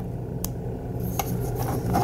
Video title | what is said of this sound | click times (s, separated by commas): Prime Rippersnapper Review | and his ankles can tilt a little bit they do click into place right here | 0.4 s, 1.2 s